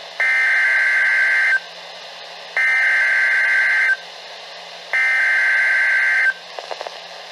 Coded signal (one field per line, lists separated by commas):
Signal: Emergency Alert System (SAME) tones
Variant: header bursts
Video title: NOAA Weather Radio 5 EAS Alerts